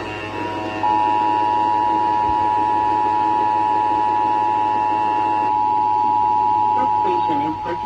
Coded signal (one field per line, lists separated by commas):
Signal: Emergency Alert System (SAME) tones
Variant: 853 and 960 Hz attention tone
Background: speech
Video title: Illinois Required Monthly Test On TV, WIBI-FM, And KSIV-FM 7/5/2022 (EAS #1,592-1,594)